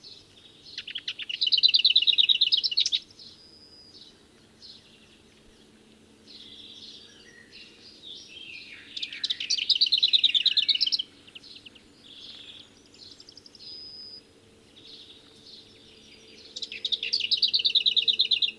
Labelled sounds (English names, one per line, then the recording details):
Lesser Whitethroat song
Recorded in the wild
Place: Glowe, Insel Rügen, Mecklenburg-Vorpommern, DE
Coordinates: 54.574, 13.433
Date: 1975-07-08 04:17
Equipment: Nagra III BH, Sennheiser MD 21, parabola
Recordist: Schubert, Michael